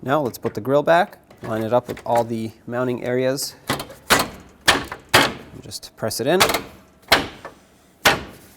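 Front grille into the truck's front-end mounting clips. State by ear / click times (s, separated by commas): seated / 7.1 s, 8.1 s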